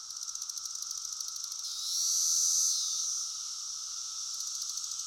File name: Male Cicada Close Up Mating Calls with Chorus in Background